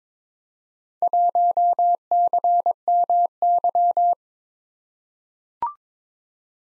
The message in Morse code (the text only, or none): 1CMY